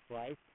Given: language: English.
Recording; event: throat vibration sensor signal played as sound; speech